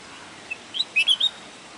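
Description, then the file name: Bulbul song phrase of a few short, bright chirps clustered together over a soft background hiss. "طائر البلبل"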